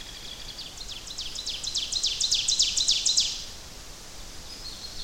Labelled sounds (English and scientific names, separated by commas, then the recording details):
Ovenbird (Seiurus aurocapilla) song
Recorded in boreal forest in Alberta, Canada, on 10 June 2016 at 08:56
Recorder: SongMeter 3, array SBT-3-39
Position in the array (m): 270 m, 158 m
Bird 19